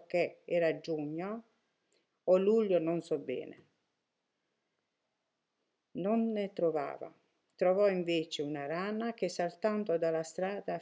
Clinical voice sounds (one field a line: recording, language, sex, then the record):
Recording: read passage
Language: Italian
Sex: female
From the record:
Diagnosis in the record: healthy control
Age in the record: 63 years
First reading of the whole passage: 70 s, 6.7 characters per second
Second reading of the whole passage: 71 s, 6.6 characters per second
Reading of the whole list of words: 45 s, 6.3 characters per second